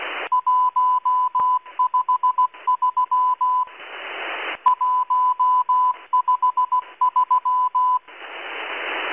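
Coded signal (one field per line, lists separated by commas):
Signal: Morse code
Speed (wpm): 16 wpm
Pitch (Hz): 1000 Hz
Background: none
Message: 153 153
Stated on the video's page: Russian Morse numbers station M12 on 11144 kHz using cut zero, received on an online WebSDR.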